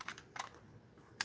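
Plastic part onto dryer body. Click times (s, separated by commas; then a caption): 1.2 s. While a dryer is being reassembled, a plastic part is pushed back onto the dryer body. A few soft tapping and clicking sounds come first, in the first half second, followed by quiet handling. A sharp click at 1.2 s marks the part snapping into place, seated.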